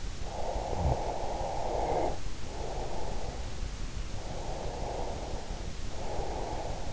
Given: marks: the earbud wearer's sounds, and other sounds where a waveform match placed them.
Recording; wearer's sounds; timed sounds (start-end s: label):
sounds in sleep by an in-ear microphone; snoring breath, breath
0.13-3.23 s: snoring breath
4.09-6.93 s: breath